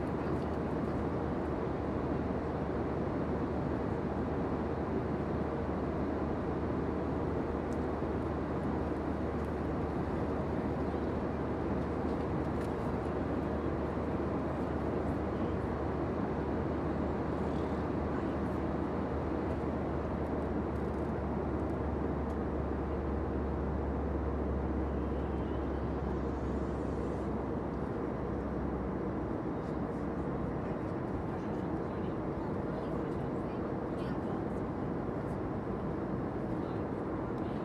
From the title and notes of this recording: Full Flight From Ft.Lauderdale To Cancun. Talking Sounds, White Noise, Plane Sounds, Flight Sounds, Flight Announcements, Chatting, Engine Sounds, Mechanical Sounds.